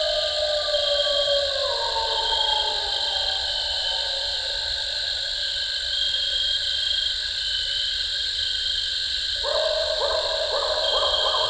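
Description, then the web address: Eastern coyote vocalising: a long falling howl opens, followed by silence, then a run of short, pulsed, wavering howl notes near the end, all over steady insect buzzing. "coyote song full. coyote ecology-of-our-eastern-coyotes"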